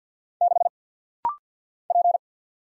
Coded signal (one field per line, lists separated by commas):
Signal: Morse code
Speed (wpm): 50 wpm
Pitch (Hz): 700 Hz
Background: none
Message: 6 P